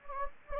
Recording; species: mosquito wingbeat signal from an infrared sensor; Anopheles gambiae